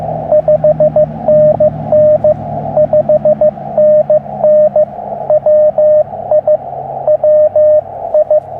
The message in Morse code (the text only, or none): 5NN 5NN WI WI